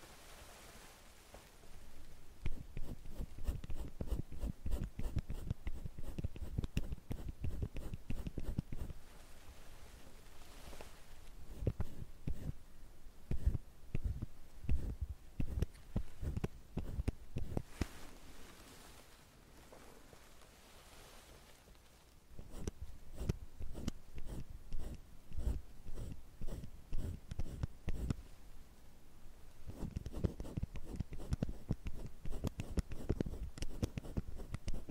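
Makeup sounds with tweezers and a curling iron: bursts of quick, dense clicking and tapping, separated by brief quieter pauses throughout.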